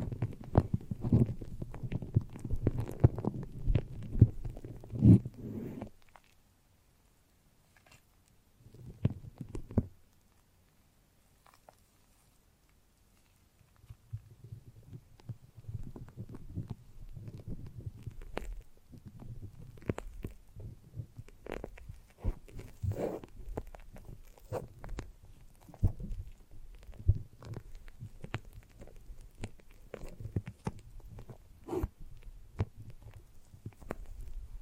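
Foamy, sticky brain massage sounds: dense squelching and crackling strokes, mostly low with sharp bright pops. The rubbing runs busily for about six seconds, drops to near silence with one brief burst around nine seconds, then resumes from fourteen seconds with irregular sticky snaps to the end.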